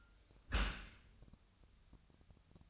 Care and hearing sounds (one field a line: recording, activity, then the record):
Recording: daily activity, microphone in the room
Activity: close dishwasher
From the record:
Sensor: 2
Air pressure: 1004.5 hPa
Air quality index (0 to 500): 112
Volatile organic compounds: 3 ppm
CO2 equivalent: 1352 ppm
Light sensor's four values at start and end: 6/15/6/6 and 6/15/6/6